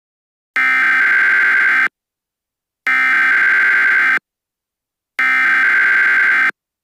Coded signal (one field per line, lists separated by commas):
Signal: Emergency Alert System (SAME) tones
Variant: header bursts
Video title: eas scenario the megaquake